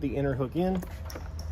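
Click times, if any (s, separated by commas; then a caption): none. Someone talks while a replacement Sparksmith projector headlight assembly, with its bulb sockets already back in the housing, is hooked in on the inner side of the truck's headlight mount, with faint brief ticks near the end. Nothing has seated or clicked yet; the assembly is handled but not yet clipped home on the outer side.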